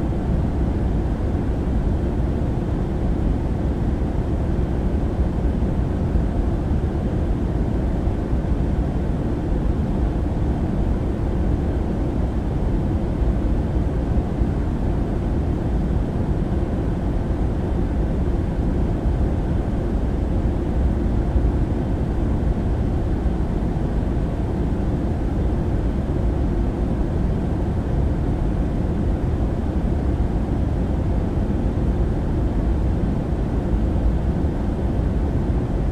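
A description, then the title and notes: Jet engine noise inside an airplane cabin, a dense, steady roar that holds without change for the whole stretch. The sound sits heavily in the low range with a softer hiss above, even in level, and no separate events break through. Airplane Cabin White Noise. The soothing sounds of the jet engine.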